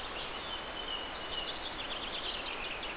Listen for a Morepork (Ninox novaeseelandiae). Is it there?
no